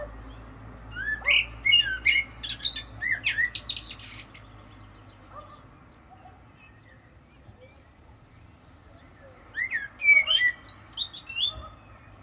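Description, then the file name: Common blackbird song in two bouts: mellow whistled warbles with high, chattering twitters, separated by several seconds of near silence and faint hum. "Turdus merula"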